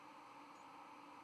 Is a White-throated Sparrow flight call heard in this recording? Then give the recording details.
no. Another species' flight call is heard. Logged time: 06:57 on 5 November 2014